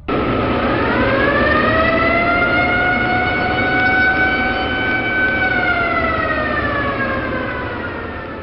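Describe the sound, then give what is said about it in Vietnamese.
A loud air raid siren warning of an air attack wails across a mountain gorge in a long, sustained rising and falling tone, its harmonics sliding slowly upward, then dipping and fading slightly toward the end, with a low rumbling background. “Đồng lúc ấy, chợt nghe tiếng còi báo động máy bay tập kích ré lên khắp khe núi.”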